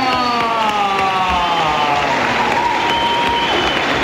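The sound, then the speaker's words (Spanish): Steady, dense applause from a large audience at the carnival in Las Palmas, welcoming five guests, continuous and loud throughout, with a faint high tonal sound sliding gently downward over the clapping. “que les deis un fuerte aplauso a O'Hara, a Cookie, a Heaven, a Kimba y a Joe”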